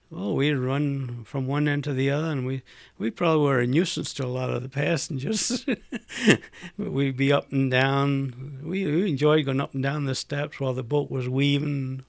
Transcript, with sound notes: oh, we'd run from one end to the other and we'd, we probably were a nuisance to a lot of the passengers. ( he laughs ) We'd be up and down. We enjoyed going up and down the steps while the boat was weaving and